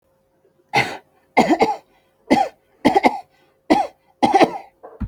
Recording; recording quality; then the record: heavy voluntary cough; excellent, no background noise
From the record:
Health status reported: healthy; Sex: male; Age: 32 years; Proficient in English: no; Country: India